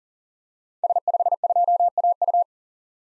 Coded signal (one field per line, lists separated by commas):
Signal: Morse code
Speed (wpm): 37 wpm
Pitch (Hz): 700 Hz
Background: none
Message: S52AU